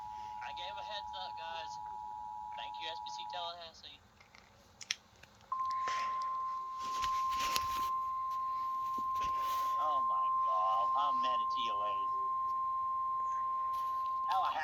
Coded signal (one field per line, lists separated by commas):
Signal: Emergency Alert System (SAME) tones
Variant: 853 and 960 Hz attention tone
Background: speech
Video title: Tornado Watch#556 EAS#380